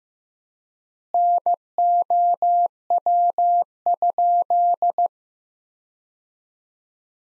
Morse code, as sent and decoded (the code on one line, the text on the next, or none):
-. --- .-- ..--..
NOW?